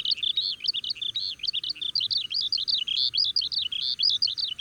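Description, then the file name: Oriental skylark song: a continuous, rapid stream of high, jumbled twittering notes without pause, fairly even in loudness throughout. "alauda gulgula"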